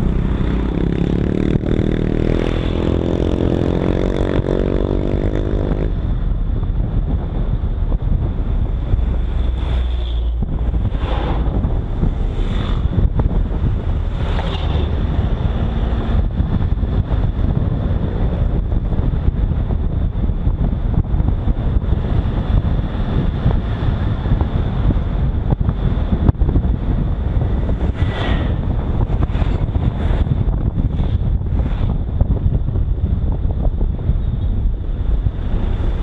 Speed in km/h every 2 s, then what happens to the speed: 36, 40, 41, 39, 37, 35, 36, 43, 46, 45, 48, 51, 49, 46, 39, 32, 27, 20.
4-11 slows to 35. 11-23 speeds up to 51. 23-36 slows to 20.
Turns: none.